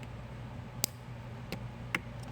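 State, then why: Released. A tool is inserted into the little tabs on the back of a connector housing on a Sea-Doo Spark, releasing a wire terminal that moves a couple of millimeters out. Sharp pops or clicks are heard at 0.8 s and 1.9 s, with a softer tick at 1.5 s, over a low steady background. The terminal is released from the connector.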